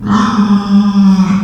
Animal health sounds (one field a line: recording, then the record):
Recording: squeal of a Yucatan mini pig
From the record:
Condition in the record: after surgery on the right vocal fold (resection and tissue-engineered implant)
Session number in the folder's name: 15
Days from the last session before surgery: 175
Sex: female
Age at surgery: 19 weeks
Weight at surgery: 25 kg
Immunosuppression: prednisolone